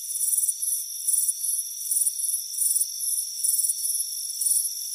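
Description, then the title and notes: Cricket chirps come in quick high trills, loud and soft bursts alternating about twice a second, with a constant thin ringing hum underneath. Crickets chirping on a warm afternoon by a front porch with a hammock. "Soothing Crickets Chirping Sound. It's a warm afternoon as you relax in a hammock on the front porch. Relax and fall asleep to the soothing sound of chirping crickets"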